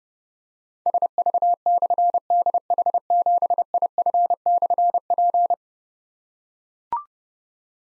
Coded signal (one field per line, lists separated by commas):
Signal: Morse code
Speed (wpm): 28 wpm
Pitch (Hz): 700 Hz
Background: none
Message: SV/DH7IF/P